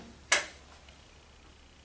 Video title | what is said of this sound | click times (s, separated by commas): RG9 Victoria Freestanding Bathing System | reinsert the battery I line the bottom pull the trigger and snap | 0.3 s